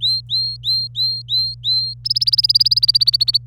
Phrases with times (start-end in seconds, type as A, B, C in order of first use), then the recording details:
0.01-1.94 A, 2.05-3.38 B. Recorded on 25 April 2018 at 17:52. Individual llb3